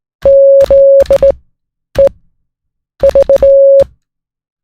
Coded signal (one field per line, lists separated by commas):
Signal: Morse code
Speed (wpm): 16 wpm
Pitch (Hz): 550 Hz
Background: none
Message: ZEV